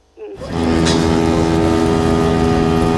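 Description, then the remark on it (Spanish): A loud, sustained horn blast starts abruptly after a brief quiet moment and holds a steady, brassy multi-tone chord with a rumbling low end, like a train horn. “¡Bocina!”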